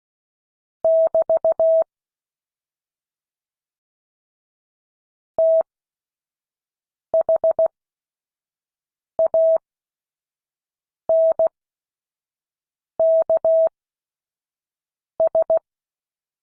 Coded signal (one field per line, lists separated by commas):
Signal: Morse code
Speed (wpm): 16 wpm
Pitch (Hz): 650 Hz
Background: none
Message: <BT> THANKS